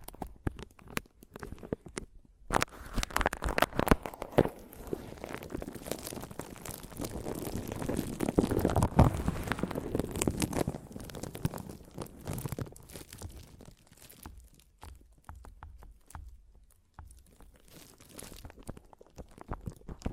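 Scratching and tapping on a microphone, with dense crackly rubbing that swells through the middle and thins toward the end. Sharp taps and clicks scatter throughout, with a strong low thump near nine seconds and rough, papery crunching textures.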